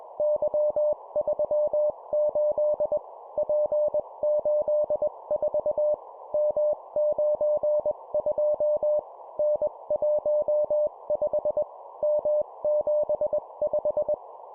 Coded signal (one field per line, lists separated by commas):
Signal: Morse code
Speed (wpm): 21 wpm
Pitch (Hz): 600 Hz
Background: none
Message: Y38 P84 M92 N15 M75